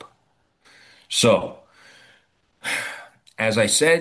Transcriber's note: sighs